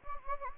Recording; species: mosquito wingbeat signal from an infrared sensor; Anopheles gambiae